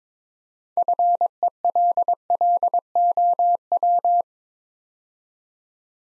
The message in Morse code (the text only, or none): FELLOW